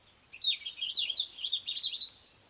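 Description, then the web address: Bird warbling a continuous, fast run of high, jumbled twittering notes lasting about two seconds. Sweet birdsong outside a window. "sweet birdsong outside the window"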